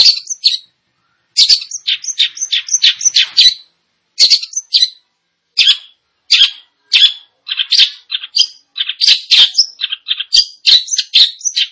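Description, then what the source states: Long-tailed shrike song, a fast varied jumble of harsh rasps, chattering notes and short whistles, in bursts separated by brief pauses. Indonesian name cendet; described as gacor, actively and vigorously singing.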